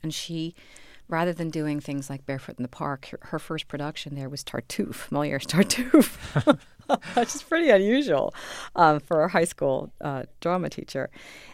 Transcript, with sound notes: And she, rather than doing things like "Barefoot in the Park," her first production there was "Tartuffe." Moliere's "Tartuffe."
(LAUGHTER)
Which is pretty unusual for a high school drama teacher.